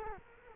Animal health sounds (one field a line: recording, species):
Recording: mosquito wingbeat signal from an infrared sensor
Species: Culex quinquefasciatus